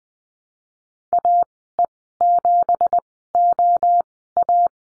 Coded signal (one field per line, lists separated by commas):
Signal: Morse code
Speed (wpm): 19 wpm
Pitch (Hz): 700 Hz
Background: none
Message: AE7OA